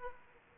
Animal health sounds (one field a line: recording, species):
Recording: mosquito wingbeat signal from an infrared sensor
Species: Aedes aegypti